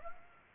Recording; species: mosquito wingbeat signal from an infrared sensor; Aedes aegypti